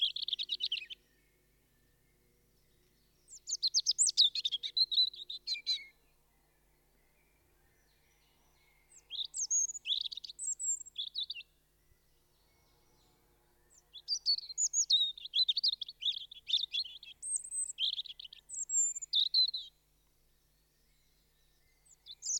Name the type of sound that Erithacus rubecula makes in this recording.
song